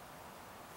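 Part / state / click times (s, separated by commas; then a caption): wire terminal pin into ECU connector housing / not seated / none. A metal terminal pin on a lead is handled while being pushed back into a plastic VW/Audi ECU connector housing, where it is meant to lock in place. Only a steady, even broadband hiss is heard for 0.8 seconds, with no distinct sounds. The pin has not seated or clicked yet.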